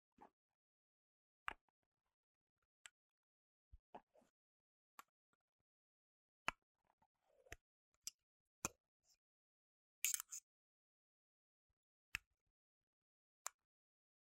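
Sharp, isolated taps and clicks on devices and product boxes land every second or so against near silence. Most are quick bright knocks; a few come in short clusters, with a brief scraping rustle near eight seconds and a louder crackly burst around ten seconds.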